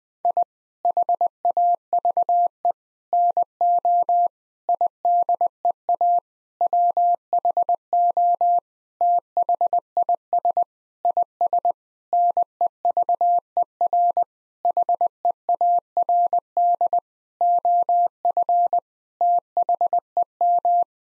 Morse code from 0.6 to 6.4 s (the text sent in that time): HAVE NO IDEA